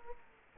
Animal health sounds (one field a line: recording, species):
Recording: mosquito wingbeat signal from an infrared sensor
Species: Culex quinquefasciatus